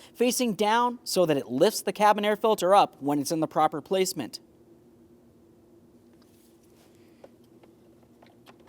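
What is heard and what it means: A cabin air filter for a 2003-2008 Toyota Matrix is held and oriented with its hooked area facing down, then lined up with the HVAC housing before being pressed in. Someone talks for the first 4.3 seconds, then only faint handling noises follow, with small ticks at about 7.2, 8.2 and 8.5 seconds. Nothing has seated or clicked yet.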